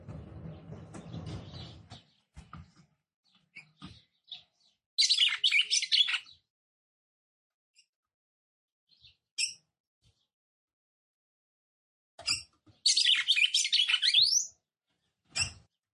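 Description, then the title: Red-cowled cardinal singing in two fast twittering bursts separated by long quiet gaps with scattered clicks and single sharp notes, and a low rumbling noise at the start. Female song; title says the fiery, nervous female stirs up and excites the male, making him quick. "CANTO DA FÊ MEA GALO CAMPINA FOGOSA LEVANTA FOGOESQUENTA GALO CAMPINA MACHO RAPIDINHO FÊ MEA NERVOSA"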